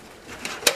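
A storage drive is slid the right way up into a PC case drive bay, pushed through and lined up until it locks in place. A faint scrape at 0.45 s is followed by a sharp, solid click at 0.7 s as the drive seats.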